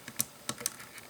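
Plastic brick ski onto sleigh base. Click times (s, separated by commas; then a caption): 0.2 s, 0.7 s. A plastic building-brick ski assembly is pressed onto a toy sleigh base while the model is held in hand, giving a few short, sharp plastic ticks. It snaps fully into place with crisp clicks at 0.2 s and 0.7 s.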